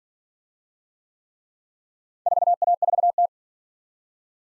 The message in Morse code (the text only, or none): 4A4T